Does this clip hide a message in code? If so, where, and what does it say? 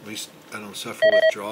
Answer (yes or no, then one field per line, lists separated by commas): no